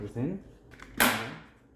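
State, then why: Seated. Someone talks while fitting a plastic seat end into the frame of a Fisher-Price Sit Me Up infant floor seat, with a few faint clicks of handling just before. Both ends of the plastic seat parts snap together in one loud, sharp snap at 1.0 s that rings off briefly, confirming they are seated.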